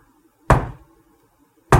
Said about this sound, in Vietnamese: Đó vậy đó, cái kiểu gõ cốc, cốc, cốc vậy đó, nó đều vậy đó.